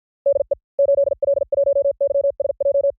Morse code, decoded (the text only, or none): DE 8L1YSJ